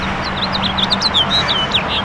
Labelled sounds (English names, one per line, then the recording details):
House Finch song
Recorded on Long Island, New York, on 22 June 2012
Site AU
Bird A